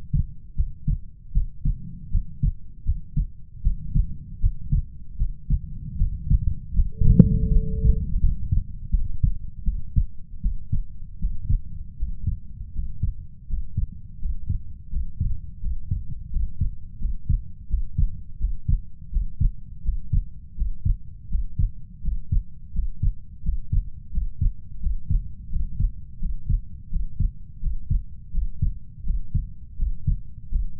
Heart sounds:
heart sounds by stethoscope; 82 bpm
0.55 s: heartbeat
1.32 s: heartbeat
2.10 s: heartbeat
2.84 s: heartbeat
3.62 s: heartbeat
4.39 s: heartbeat
5.17 s: heartbeat
5.96 s: heartbeat
6.74 s: heartbeat
7.51 s: heartbeat
8.19 s: heartbeat
8.90 s: heartbeat
9.63 s: heartbeat
10.41 s: heartbeat
11.19 s: heartbeat
11.96 s: heartbeat
12.73 s: heartbeat
13.47 s: heartbeat
14.19 s: heartbeat
14.90 s: heartbeat
15.60 s: heartbeat
16.30 s: heartbeat
16.98 s: heartbeat
17.67 s: heartbeat
18.38 s: heartbeat
19.10 s: heartbeat
19.82 s: heartbeat
20.55 s: heartbeat
21.28 s: heartbeat
22.01 s: heartbeat
22.72 s: heartbeat
23.42 s: heartbeat
24.11 s: heartbeat
24.79 s: heartbeat
25.49 s: heartbeat
26.19 s: heartbeat
26.89 s: heartbeat
27.60 s: heartbeat
28.31 s: heartbeat
29.04 s: heartbeat
29.76 s: heartbeat
30.49 s: heartbeat
From the record:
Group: healthy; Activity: rest 0-10 s, Valsalva maneuver 10-31 s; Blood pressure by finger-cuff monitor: 93/60 mmHg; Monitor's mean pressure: 70 mmHg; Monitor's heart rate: 83 bpm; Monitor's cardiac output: 6.9 L/min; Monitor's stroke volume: 83 mL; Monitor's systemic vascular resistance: 730 dyn s/cm5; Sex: female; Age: 19 years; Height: 163 cm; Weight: 48.9 kg

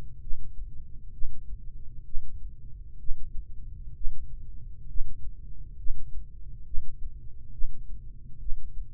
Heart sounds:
heart sounds by microphone in the right ear; 66 bpm
0.21 s: heartbeat
1.12 s: heartbeat
2.04 s: heartbeat
2.98 s: heartbeat
3.94 s: heartbeat
4.87 s: heartbeat
5.77 s: heartbeat
6.65 s: heartbeat
7.51 s: heartbeat
8.39 s: heartbeat
From the record:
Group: healthy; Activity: breath hold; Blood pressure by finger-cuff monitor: 118/71 mmHg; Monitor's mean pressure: 87 mmHg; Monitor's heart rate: 66 bpm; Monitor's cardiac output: 3.8 L/min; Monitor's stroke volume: 58 mL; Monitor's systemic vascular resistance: 1660 dyn s/cm5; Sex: male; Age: 55 years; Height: 167 cm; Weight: 57.2 kg

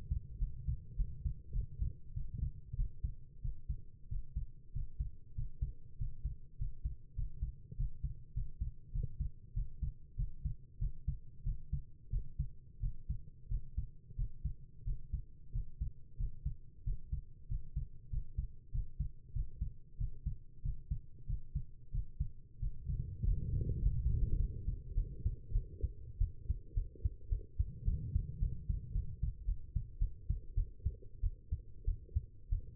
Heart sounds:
heart sounds by stethoscope; 97 bpm
0.39 s: heartbeat
0.96 s: heartbeat
1.53 s: heartbeat
2.14 s: heartbeat
2.76 s: heartbeat
3.42 s: heartbeat
4.09 s: heartbeat
4.73 s: heartbeat
5.35 s: heartbeat
5.98 s: heartbeat
6.58 s: heartbeat
7.15 s: heartbeat
7.77 s: heartbeat
8.34 s: heartbeat
8.92 s: heartbeat
9.54 s: heartbeat
10.16 s: heartbeat
10.78 s: heartbeat
11.43 s: heartbeat
12.10 s: heartbeat
12.80 s: heartbeat
13.48 s: heartbeat
14.16 s: heartbeat
14.84 s: heartbeat
15.52 s: heartbeat
16.17 s: heartbeat
16.84 s: heartbeat
17.48 s: heartbeat
18.10 s: heartbeat
18.71 s: heartbeat
19.33 s: heartbeat
19.97 s: heartbeat
20.62 s: heartbeat
21.26 s: heartbeat
21.91 s: heartbeat
22.59 s: heartbeat
23.24 s: heartbeat
23.80 s: heartbeat
24.37 s: heartbeat
24.94 s: heartbeat
25.52 s: heartbeat
26.18 s: heartbeat
26.74 s: heartbeat
27.29 s: heartbeat
27.85 s: heartbeat
28.39 s: heartbeat
28.93 s: heartbeat
29.46 s: heartbeat
29.99 s: heartbeat
30.55 s: heartbeat
31.21 s: heartbeat
31.85 s: heartbeat
32.50 s: heartbeat
From the record:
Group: healthy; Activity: breath hold 0-21 s, rest 21-33 s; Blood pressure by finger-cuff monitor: 119/86 mmHg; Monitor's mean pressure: 98 mmHg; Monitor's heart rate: 95 bpm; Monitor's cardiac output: 7.2 L/min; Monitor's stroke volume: 74 mL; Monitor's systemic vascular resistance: 980 dyn s/cm5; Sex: female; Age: 19 years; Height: 163 cm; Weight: 51 kg

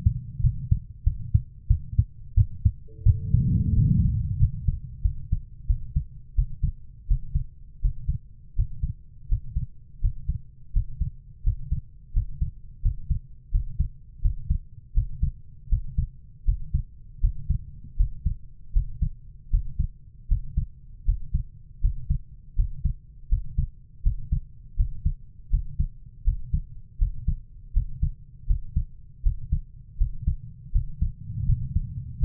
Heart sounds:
heart sounds by stethoscope; 83 bpm
0.41 s: heartbeat
1.04 s: heartbeat
1.68 s: heartbeat
2.35 s: heartbeat
3.03 s: heartbeat
3.75 s: heartbeat
4.38 s: heartbeat
5.02 s: heartbeat
5.67 s: heartbeat
6.35 s: heartbeat
7.07 s: heartbeat
7.81 s: heartbeat
8.55 s: heartbeat
9.28 s: heartbeat
10.01 s: heartbeat
10.72 s: heartbeat
11.43 s: heartbeat
12.13 s: heartbeat
12.82 s: heartbeat
13.51 s: heartbeat
14.21 s: heartbeat
14.94 s: heartbeat
15.69 s: heartbeat
16.45 s: heartbeat
17.20 s: heartbeat
17.96 s: heartbeat
18.72 s: heartbeat
19.50 s: heartbeat
20.28 s: heartbeat
21.05 s: heartbeat
21.81 s: heartbeat
22.55 s: heartbeat
23.29 s: heartbeat
24.02 s: heartbeat
24.76 s: heartbeat
25.50 s: heartbeat
26.24 s: heartbeat
26.98 s: heartbeat
27.73 s: heartbeat
28.46 s: heartbeat
29.22 s: heartbeat
29.97 s: heartbeat
30.72 s: heartbeat
31.45 s: heartbeat
32.19 s: heartbeat
From the record:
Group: healthy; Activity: rest 0-5 s, breath hold 5-32 s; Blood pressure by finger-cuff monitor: 120/71 mmHg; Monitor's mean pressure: 87 mmHg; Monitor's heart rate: 81 bpm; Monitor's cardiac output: 6.5 L/min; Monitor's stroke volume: 81 mL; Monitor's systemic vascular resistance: 970 dyn s/cm5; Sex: female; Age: 24 years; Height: 163 cm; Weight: 55.7 kg

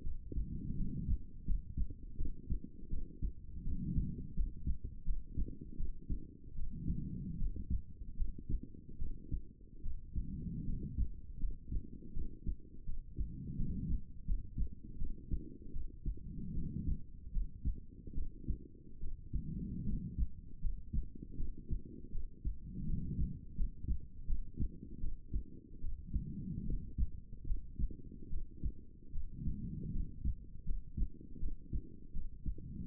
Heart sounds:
heart sounds by stethoscope; 79 bpm
0.02 s: heartbeat
0.75 s: heartbeat
1.44 s: heartbeat
2.16 s: heartbeat
2.88 s: heartbeat
3.62 s: heartbeat
4.34 s: heartbeat
5.03 s: heartbeat
5.76 s: heartbeat
6.54 s: heartbeat
7.37 s: heartbeat
8.15 s: heartbeat
8.97 s: heartbeat
9.81 s: heartbeat
10.64 s: heartbeat
11.38 s: heartbeat
12.12 s: heartbeat
12.84 s: heartbeat
13.56 s: heartbeat
14.24 s: heartbeat
14.97 s: heartbeat
15.71 s: heartbeat
16.53 s: heartbeat
17.31 s: heartbeat
18.13 s: heartbeat
18.99 s: heartbeat
19.84 s: heartbeat
20.59 s: heartbeat
21.35 s: heartbeat
22.10 s: heartbeat
22.85 s: heartbeat
23.55 s: heartbeat
24.25 s: heartbeat
24.99 s: heartbeat
25.79 s: heartbeat
26.64 s: heartbeat
27.45 s: heartbeat
28.28 s: heartbeat
29.10 s: heartbeat
29.90 s: heartbeat
30.63 s: heartbeat
31.38 s: heartbeat
32.11 s: heartbeat
32.85 s: heartbeat
From the record:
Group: healthy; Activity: rest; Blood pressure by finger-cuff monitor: 118/67 mmHg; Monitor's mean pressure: 85 mmHg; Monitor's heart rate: 79 bpm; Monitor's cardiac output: 7.6 L/min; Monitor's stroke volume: 97 mL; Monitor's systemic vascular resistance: 820 dyn s/cm5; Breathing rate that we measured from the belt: 19 breaths a minute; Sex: female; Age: 23 years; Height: 160 cm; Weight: 50.4 kg

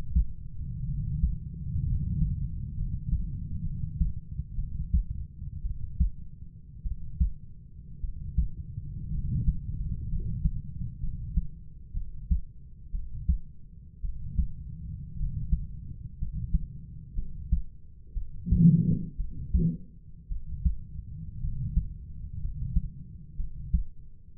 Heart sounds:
heart sounds by stethoscope; 59 bpm
0.86 s: heartbeat
1.86 s: heartbeat
2.76 s: heartbeat
3.63 s: heartbeat
4.56 s: heartbeat
5.63 s: heartbeat
6.83 s: heartbeat
8.01 s: heartbeat
9.11 s: heartbeat
10.09 s: heartbeat
11.00 s: heartbeat
11.94 s: heartbeat
12.92 s: heartbeat
14.01 s: heartbeat
15.17 s: heartbeat
16.18 s: heartbeat
17.15 s: heartbeat
18.14 s: heartbeat
19.17 s: heartbeat
20.28 s: heartbeat
21.41 s: heartbeat
22.40 s: heartbeat
23.36 s: heartbeat
24.37 s: heartbeat
From the record:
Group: healthy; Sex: male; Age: 25 years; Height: 170 cm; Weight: 70.4 kg

